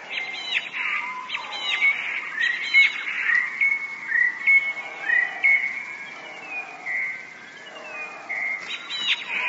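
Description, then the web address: Eurasian blue tit song: a few high chattering phrases at the start, then softer whistled notes, and one more phrase at the end. "wroblowe teka modraszkoteka"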